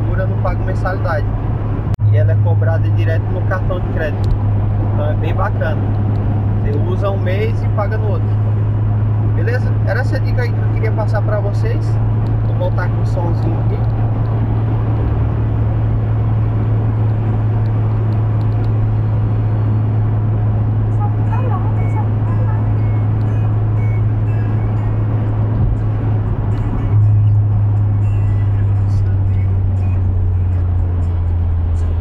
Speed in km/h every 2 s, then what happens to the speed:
121, 118, 116, 115, 117, 126, 126, 125, 124, 124, 123, 123, 123, 119, 103, 97.
0-7 slows to 115. 7-10 speeds up to 126. 10-25 steady at about 124. 25-32 brakes to 97.